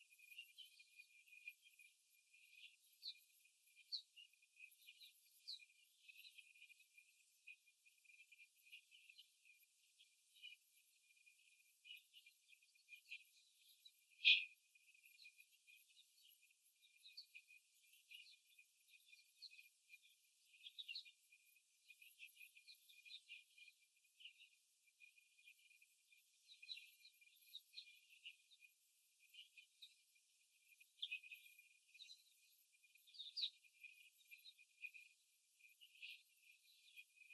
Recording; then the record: young laying hens in a cage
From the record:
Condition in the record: after the stressor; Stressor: simulated dog barking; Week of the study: 3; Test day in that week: 2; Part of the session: 4